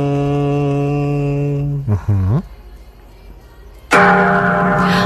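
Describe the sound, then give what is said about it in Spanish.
A voice-like, humming imitation of a gong: a steady ringing tone holds, wobbles and slides in pitch, drops to near silence, then a second loud, bright tone bursts in and sustains. “Ahora, este es un usuario diciéndole que haga el sonido de un gong.”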